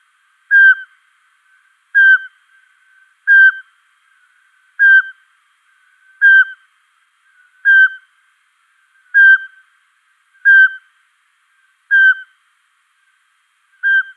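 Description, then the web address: Eurasian pygmy owl repeating a single mellow whistled note, evenly spaced about every one and a half seconds, ten notes in a row against silence. Male display. "Schulze Peter Pygmy Owl"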